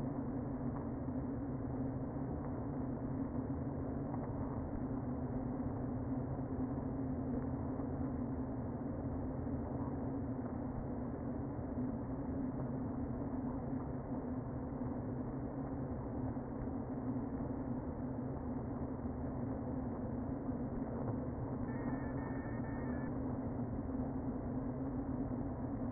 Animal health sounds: honeybee colony, microphone inside the hive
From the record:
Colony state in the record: queen present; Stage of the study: before two queens were removed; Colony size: about 60,000 bees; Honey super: yes

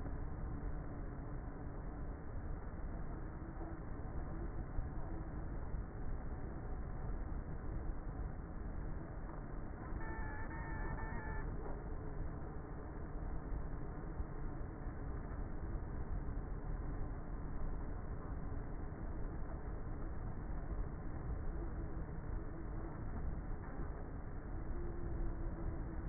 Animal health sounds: honeybee colony, microphone inside the hive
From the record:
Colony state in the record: queenless with a low population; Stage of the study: before two queens were removed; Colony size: about 30,000 bees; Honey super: no

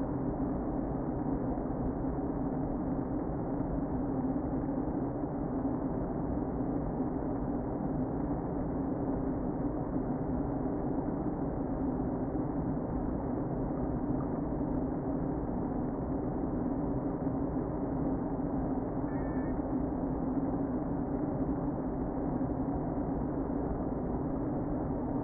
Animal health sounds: honeybee colony, microphone inside the hive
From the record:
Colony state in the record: queen present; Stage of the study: before two queens were removed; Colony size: about 60,000 bees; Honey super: yes

